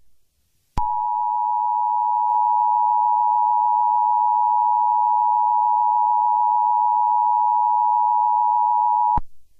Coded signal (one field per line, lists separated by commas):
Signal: Emergency Alert System (SAME) tones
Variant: 853 and 960 Hz attention tone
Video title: EAS Scenario #10: Sayori's Rampage.